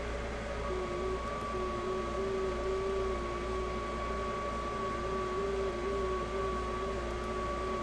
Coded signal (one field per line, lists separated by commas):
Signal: FT8